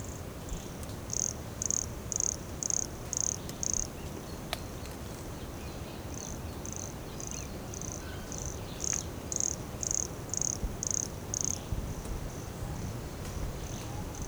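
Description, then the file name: Pumpkin toadlet giving very high, short, insect-like notes about twice a second in two loud runs with fainter notes between them, over a soft background hiss. Recorded at Morro do Canal in January 2017, 150 cm from the microphone. "Brachycephalus sulfuratus Morro do Canal 150 cm from microphone LFRibeiro JAN-2017"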